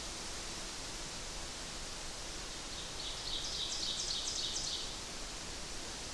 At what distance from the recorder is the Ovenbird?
about 55 m